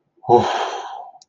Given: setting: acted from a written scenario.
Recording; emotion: vocal sound without words; pride